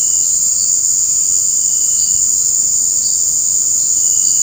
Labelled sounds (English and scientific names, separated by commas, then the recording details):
none
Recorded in dense forest near Puerto Asís, Putumayo, Colombia, on 4 March 2025 at 18:30
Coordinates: 0.500, -76.322
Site GP06